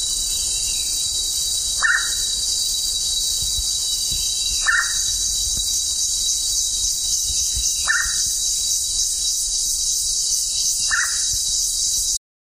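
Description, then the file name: Gurney's pitta uttering short, clipped downslurred calls repeated roughly every three seconds, four in all, over an unbroken shrill insect chorus. "hydrornis gurneyi"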